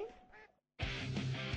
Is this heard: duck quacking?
yes